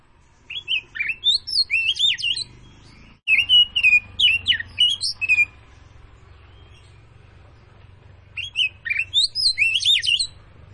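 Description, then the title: Oriental magpie-robin song in three lively bursts of rapid, varied whistled notes, with a constant low electrical hum underneath. Tretes form of the bird, singing vigorously (gacor). "Kacer Tretes Gacor"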